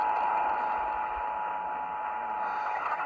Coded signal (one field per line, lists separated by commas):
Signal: Emergency Alert System (SAME) tones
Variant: 853 and 960 Hz attention tone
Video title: LATE RELAYS AND EPIC FAILS... EAS Tests from 10/4/21-10/27/21 (EAS #759-793)